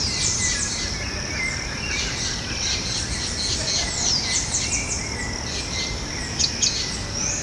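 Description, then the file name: Southern house wren song: fast bubbly, chattering trills and high chirps, repeated throughout, over a steady high insect-like hum and low background rumble. Recorded at Ibirapuera Park, São Paulo, Brazil. "Troglodytes-musculus-Ibirapuera Park-SP-Brazil-30-10-12-ASilveira"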